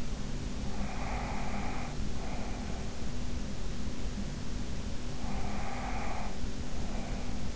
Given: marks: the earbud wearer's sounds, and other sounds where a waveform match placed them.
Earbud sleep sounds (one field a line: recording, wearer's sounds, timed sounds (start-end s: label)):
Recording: sounds in sleep by an in-ear microphone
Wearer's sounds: breath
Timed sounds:
0.70-2.93 s: breath
5.22-7.56 s: breath